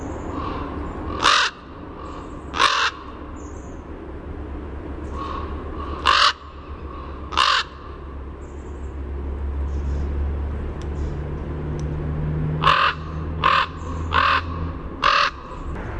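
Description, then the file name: Common raven harsh calls, two spaced apart early, two more midway, then a quick burst of five near the end, over a low rumble. "CORA call"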